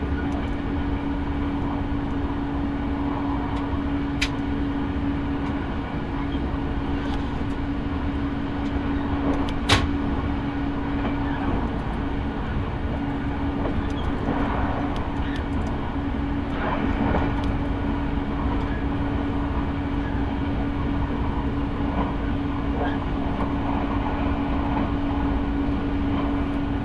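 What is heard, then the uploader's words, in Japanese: A train ride heard from aboard, with a steady rumble and a constant low hum running the whole time. Faint clicks and knocks come through now and then, with sharper ones just before 5 and near 10 seconds, and soft voices underneath. 耳で楽しむ鉄道旅 日豊本線特急ソニック6号 柳ヶ浦→小倉。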